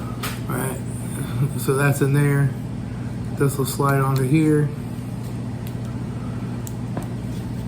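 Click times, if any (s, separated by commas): 6.7 s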